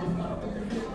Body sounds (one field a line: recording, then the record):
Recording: background sound without coughing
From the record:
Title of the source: 60 minutes of coffee shop sounds for study and concentration